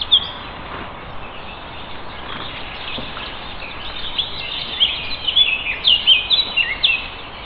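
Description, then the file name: Eurasian blackcap calls: brief high chirping notes, sparse at first, then bunched into a quick series over the last three seconds, above a constant hiss. "Sylvia atricapilla"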